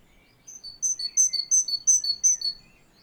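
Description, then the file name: Great tit call: a fast, even series of bright, high two-part notes lasting around two seconds, with a softer lower note in between. "Parus major"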